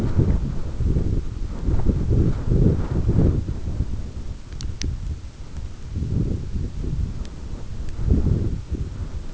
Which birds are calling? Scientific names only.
none